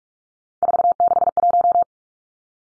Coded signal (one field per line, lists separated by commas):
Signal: Morse code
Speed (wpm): 44 wpm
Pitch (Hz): 700 Hz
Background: none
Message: 461